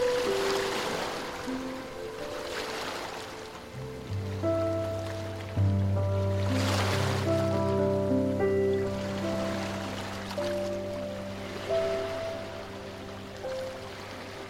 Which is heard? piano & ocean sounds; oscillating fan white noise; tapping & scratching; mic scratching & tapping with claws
piano & ocean sounds